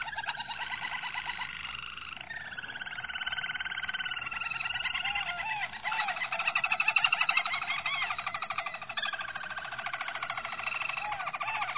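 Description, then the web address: Harz Roller canary song: long rolling trills and rapid repeated notes running continuously, shifting between tours. "canarios racas canto harzerv"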